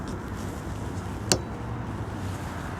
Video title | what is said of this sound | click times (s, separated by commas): How to Replace Nissan Juke Rear Wiper Arm and Wiper Blade | Hear the snap. | 1.3 s